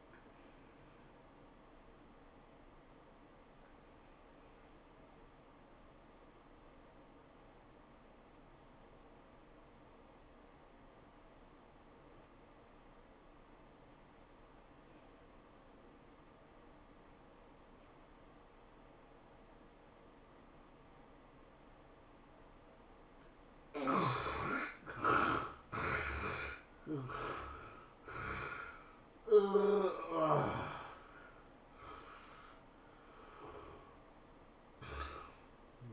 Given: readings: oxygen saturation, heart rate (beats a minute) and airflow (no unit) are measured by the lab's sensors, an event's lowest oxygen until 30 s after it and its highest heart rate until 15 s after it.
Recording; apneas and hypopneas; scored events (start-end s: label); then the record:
breathing in sleep by a voice recorder at the bedside; 1
2.00-35.93 s: new sleep stage, N1 (lightest sleep)
3.00-24.10 s: obstructive apnea (N1, oxygen 96% highest, then 72% lowest, heart rate 97 at the start, 107 highest)
From the record:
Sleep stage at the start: N2 (light sleep); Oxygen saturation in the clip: 74 to 96%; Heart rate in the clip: 86 to 107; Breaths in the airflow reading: 5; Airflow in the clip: -16.3 to 14.7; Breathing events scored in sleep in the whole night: 403 in 5.5 hours asleep